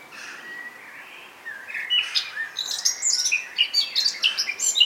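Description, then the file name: Eurasian blackcap song, a soft, subdued warble that swells into rapid, louder whistled and scratchy notes. "Sylvia atricapilla"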